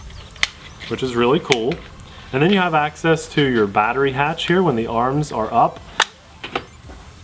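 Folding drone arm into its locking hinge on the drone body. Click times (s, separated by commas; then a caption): 0.4 s. The plastic folding arm of a JJRC H51 toy camera drone is folded up into its locking hinge on the drone body until its spring-loaded switch locks it, giving a sharp, short snap at 0.4 s as the arm seats. Someone talks through most of the clip, and a few more short clicks are heard near 6.0 to 6.6 s.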